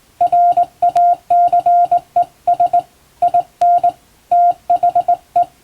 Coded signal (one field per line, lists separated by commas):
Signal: Morse code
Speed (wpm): 21 wpm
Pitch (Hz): 700 Hz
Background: music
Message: RACES IN THE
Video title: 今では貴重！縦振り電鍵で打つモールス無線電報。かつて無線通信士という職業がありました。船と陸とをつなぐ唯一の重要な仕事でした。今でも遠洋漁業無線で使われています。morse code practice